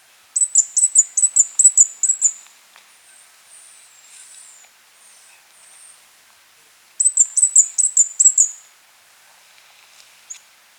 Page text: Fire-Breasted Flowerpecker Song. Quick Sounds